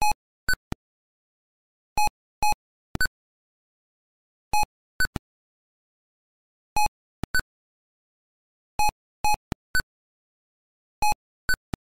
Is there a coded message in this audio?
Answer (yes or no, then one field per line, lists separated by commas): no